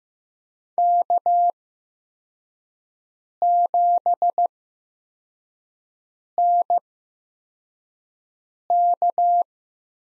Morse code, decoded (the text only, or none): K7NK